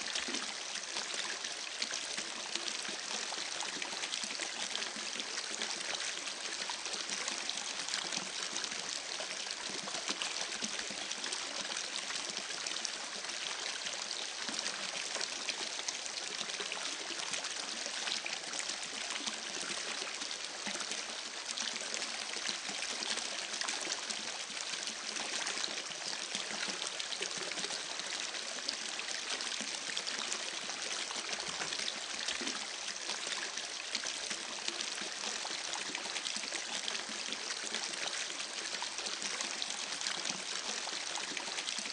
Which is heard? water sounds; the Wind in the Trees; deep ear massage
water sounds